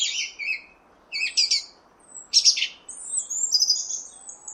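Song thrush song: short, bright phrases, the first one sung twice, separated by brief pauses, with a faint low hiss behind.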